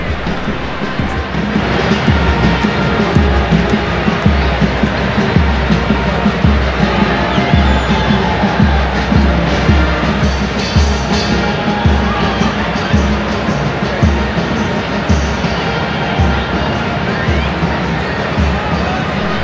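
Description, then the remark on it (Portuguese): A dense crowd of pilgrims outside St. Peter's Basilica murmurs steadily as the Swiss Guard marches past after Pope Leo XIV's Urbi et Orbi blessing, with scattered shouts and cheers rising over a continuous loud wash of noise and faint rhythmic tapping of marching feet. “Vamos acompanhar um pouco do som ambiente dessa passagem da Guarda também.”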